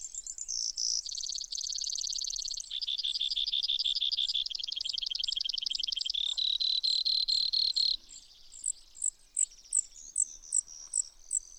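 Brewer's sparrow song, buzzy trills that drop and rise in pitch over several seconds, then a series of high, spaced chips.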